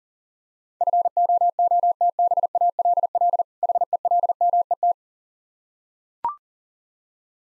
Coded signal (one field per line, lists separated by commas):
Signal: Morse code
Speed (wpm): 40 wpm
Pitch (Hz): 700 Hz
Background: none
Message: FOOTBALL HELMET